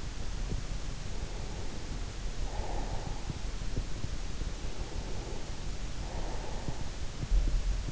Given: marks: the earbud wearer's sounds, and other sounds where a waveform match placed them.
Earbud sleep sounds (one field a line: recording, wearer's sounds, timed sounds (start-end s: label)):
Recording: sounds in sleep by an in-ear microphone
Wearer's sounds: breath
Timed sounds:
1.85-3.93 s: breath
4.58-7.18 s: breath